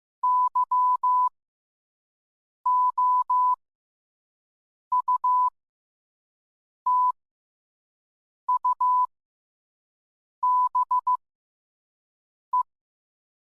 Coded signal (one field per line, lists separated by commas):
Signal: Morse code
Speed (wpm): 15 wpm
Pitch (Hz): 1000 Hz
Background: none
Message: YOUTUBE